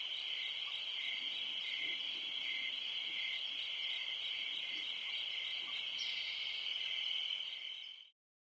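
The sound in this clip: Crickets in a steady, high-pitched continuous trill that holds one pitch, ending abruptly just after eight seconds.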